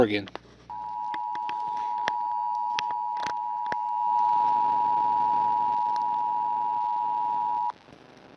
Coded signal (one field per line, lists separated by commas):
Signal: Emergency Alert System (SAME) tones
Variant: 853 and 960 Hz attention tone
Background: speech